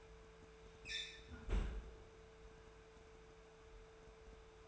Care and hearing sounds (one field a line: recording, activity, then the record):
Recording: daily activity, microphone in the room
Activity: close fridge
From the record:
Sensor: 2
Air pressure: 1014.8 hPa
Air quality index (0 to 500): 193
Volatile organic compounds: 16 ppm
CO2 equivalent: 2552 ppm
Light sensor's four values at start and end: 8/20/8/8 and 8/20/8/8